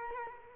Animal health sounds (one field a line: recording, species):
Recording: mosquito wingbeat signal from an infrared sensor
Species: Culex quinquefasciatus